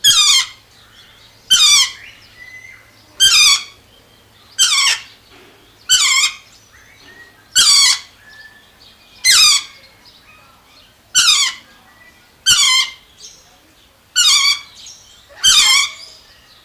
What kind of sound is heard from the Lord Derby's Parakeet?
call